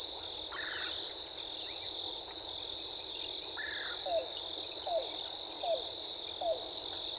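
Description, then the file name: Yellow-billed cuckoo starting a steady run of short hooked notes just under a second apart after two buzzy bursts, all over a constant shrill insect hum. Recorded 14 April 2018. "2018-04-14 YBCU"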